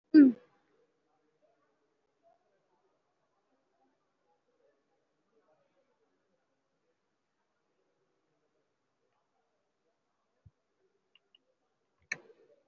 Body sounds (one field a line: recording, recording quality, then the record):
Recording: deep breathing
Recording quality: poor, much background noise or distortion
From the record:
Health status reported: COVID-19 positive, moderate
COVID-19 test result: positive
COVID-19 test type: RT-PCR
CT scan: not taken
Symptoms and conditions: cough, sore throat, fever, fatigue, muscle pain, loss of smell and taste, diabetes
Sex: male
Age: 69 years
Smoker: no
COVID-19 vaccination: both doses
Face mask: worn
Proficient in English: yes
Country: India